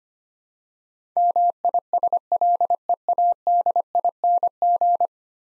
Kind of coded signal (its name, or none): Morse code